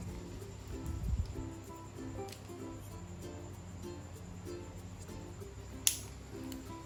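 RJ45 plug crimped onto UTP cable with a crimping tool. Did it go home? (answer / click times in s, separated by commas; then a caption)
yes / 5.9 s. An RJ45 plug on a UTP cable is squeezed in a crimping tool while steady background music plays, with faint ticks near 2.3 s and 6.5 s. A sharp, loud click at 5.9 s marks the crimp, and the plug is crimped in place.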